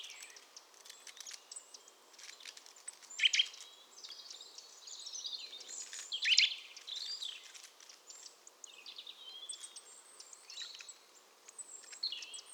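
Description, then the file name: Eurasian nuthatch giving two loud, sharp call notes a few seconds apart, amid fainter busy twittering. "Sitta europaea"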